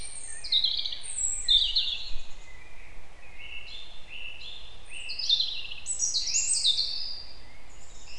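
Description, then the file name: European robin song with rapid high twitters and descending slurs in repeated bursts, fairly continuous, over low steady background noise. "Erithacus rubecula"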